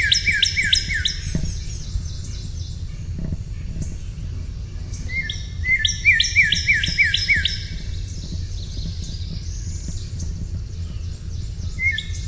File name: NOCA song